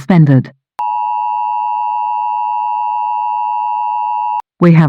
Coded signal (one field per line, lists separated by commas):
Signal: Emergency Alert System (SAME) tones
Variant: 853 and 960 Hz attention tone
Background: speech